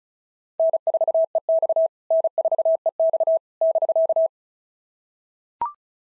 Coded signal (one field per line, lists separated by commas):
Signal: Morse code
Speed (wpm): 36 wpm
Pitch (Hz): 650 Hz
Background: none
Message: N4EX N4EX <BK>